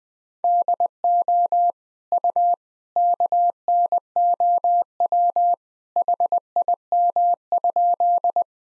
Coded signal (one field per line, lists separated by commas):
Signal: Morse code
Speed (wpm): 21 wpm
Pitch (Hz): 700 Hz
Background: none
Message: DO U KNOW HIM?